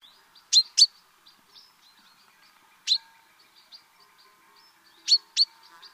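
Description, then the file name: Common chaffinch calls: short, sharp, bright notes, mostly in quick pairs, five in all, over soft high chirping and a faint steady hum. "Fringilla coelebs"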